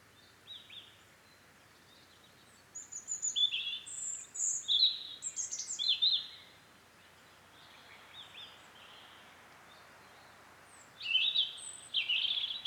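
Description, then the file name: European robin song: scattered high, thin warbling phrases separated by long silent pauses, over soft steady background noise. "Erithacus rubecula"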